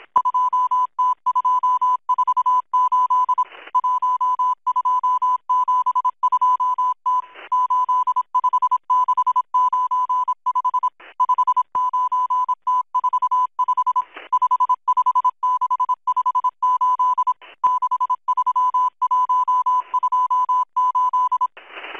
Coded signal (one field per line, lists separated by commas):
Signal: Morse code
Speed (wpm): 26 wpm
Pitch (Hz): 1000 Hz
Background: music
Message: 2T248 1272T 85695 59T45 55658 63128